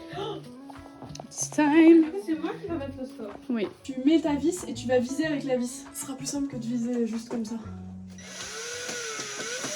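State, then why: Stripped. A first-time user drives a screw with a cordless screwdriver to mount a blind bracket. Someone talks over background music, and near the end the screwdriver whirs as its bit, not square to the screw, slips in the screw head with a repeated tac-tac. The bit cams out and starts damaging the screw head, which is being stripped, and nothing has seated yet.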